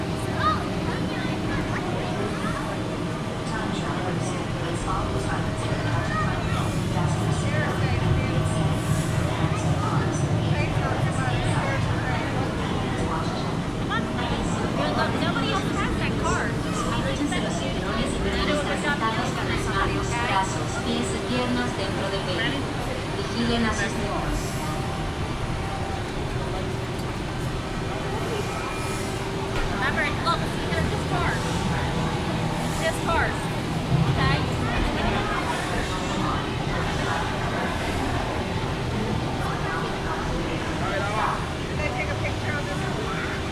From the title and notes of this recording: … takes you into Animal Kingdom for a "WhereinthePark-Style" Walk. Walk in Animal Kingdom.